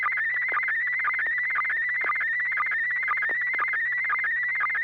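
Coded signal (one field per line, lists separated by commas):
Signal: SSTV (slow-scan television)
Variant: PD120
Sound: steady warbling high tone, rapidly shifting pitch, with short low blips about twice a second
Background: low hum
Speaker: I do have a picture ready. Well, I imagine we all just have our software in auto mode. It's going to be in PD 120 for those that need that, but here we go. Stand by.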